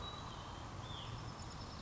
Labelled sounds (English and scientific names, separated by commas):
Hutton's Vireo (Vireo huttoni)